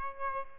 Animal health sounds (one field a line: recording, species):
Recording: mosquito wingbeat signal from an infrared sensor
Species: Aedes albopictus